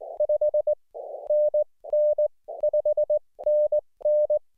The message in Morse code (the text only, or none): 5NN 5NN